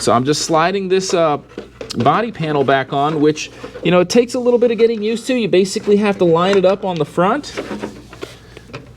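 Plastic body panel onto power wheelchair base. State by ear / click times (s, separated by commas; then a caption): seated / 8.8 s. A plastic body panel is slid back onto the base of a 2025 Pride Jazzy Air 2 elevating power wheelchair, lined up so its hooks engage at the front and then slid forward. Someone talks throughout, then a few light knocks at 8.1 and 8.6 s lead into a sharp click at 8.8 s as the panel seats in place.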